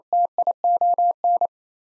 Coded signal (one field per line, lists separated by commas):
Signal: Morse code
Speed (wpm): 28 wpm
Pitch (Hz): 700 Hz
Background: none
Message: TION